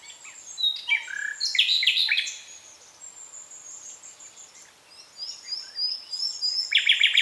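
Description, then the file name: Common nightingale song with varied, rich phrases, thin high whistles drawn out between them, and a fast repeated-note trill at the close. "Luscinia megarhynchos"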